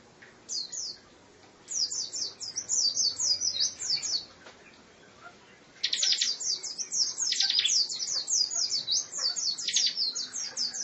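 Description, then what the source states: Lovebird chattering song: long runs of rapid, high, sharply descending chirps, broken by a brief pause, then a longer, denser trill with buzzy notes. Lovebird giving a long chattering trill, called "ngekek panjang".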